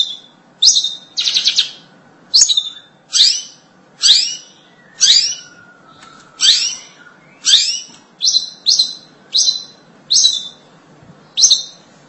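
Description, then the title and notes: Long-tailed shrike song of harsh, scratchy high notes in a steady series, each a loud burst with a falling tail. "Suara burung pentet"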